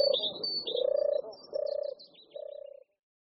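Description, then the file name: European turtle dove purring: low, rolling, pulsed phrases with short pauses between, while higher chirps from another bird sound above. "Hrdlička-divoká"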